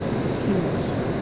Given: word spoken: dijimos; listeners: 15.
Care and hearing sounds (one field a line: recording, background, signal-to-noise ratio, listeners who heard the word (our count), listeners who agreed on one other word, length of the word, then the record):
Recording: one Spanish word in noise, from a listening test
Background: speech-shaped noise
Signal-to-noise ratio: -5.0 dB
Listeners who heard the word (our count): 0 of 15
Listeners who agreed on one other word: 7 of 15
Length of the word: 0.82 s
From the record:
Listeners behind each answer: 7, 2, 1, 1, 1, 1, 1, 1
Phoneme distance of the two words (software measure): 17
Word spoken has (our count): 3 syllables, 7 phonemes, stress on syllable 2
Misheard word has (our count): 3 syllables, 6 phonemes, stress on syllable 2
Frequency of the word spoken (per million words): 7.21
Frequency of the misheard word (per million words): 16.52